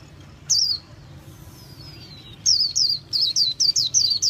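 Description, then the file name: White-eye chirps: a single high falling note, a long thin descending whistle, then a rapid string of sharp high chirps sliding downward, over low hum. Song style called 'líu' in Vietnamese. "tieng khuyen liu"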